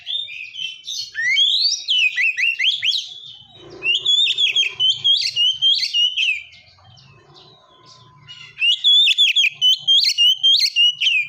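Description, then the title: Oriental magpie-robin delivering fast, chattering, whistled phrases of many quick notes, breaking off briefly midway before resuming just as vigorously. "kacer"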